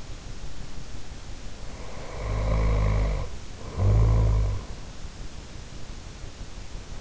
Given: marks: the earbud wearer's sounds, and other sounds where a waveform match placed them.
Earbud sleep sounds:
sounds in sleep by an in-ear microphone; snoring breath
1.74-4.66 s: snoring breath

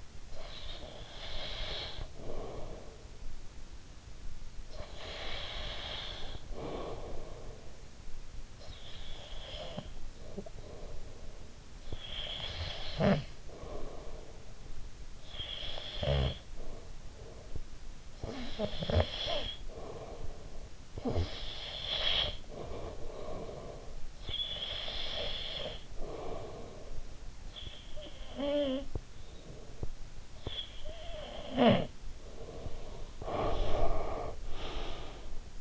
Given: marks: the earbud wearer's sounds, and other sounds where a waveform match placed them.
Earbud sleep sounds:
sounds in sleep by an in-ear microphone; breath, snoring breath
0.00-3.35 s: breath
4.58-8.16 s: breath
8.61-11.76 s: breath
11.76-14.62 s: snoring breath
14.98-17.64 s: snoring breath
17.97-24.05 s: snoring breath
24.05-27.13 s: breath
27.36-29.60 s: snoring breath
30.09-33.11 s: snoring breath
33.11-35.61 s: breath

